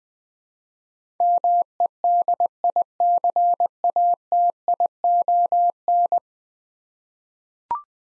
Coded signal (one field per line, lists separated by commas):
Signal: Morse code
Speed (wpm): 20 wpm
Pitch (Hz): 700 Hz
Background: none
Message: MEDICATION